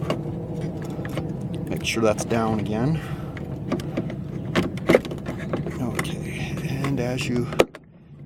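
Someone reaches inside the door of a 2015-or-newer Ford F150 truck and pushes the in-door lock protection plate toward position in the door lock area while talking. Scattered handling knocks and rustles run throughout, with a sharper knock near 7.8 s before the sound drops off. Nothing has seated or clicked yet.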